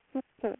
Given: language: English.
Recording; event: throat vibration sensor signal played as sound; speech